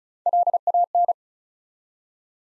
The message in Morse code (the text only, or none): LAN